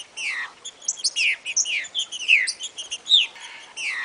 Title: trinca ferro